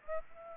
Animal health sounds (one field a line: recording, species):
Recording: mosquito wingbeat signal from an infrared sensor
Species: Aedes aegypti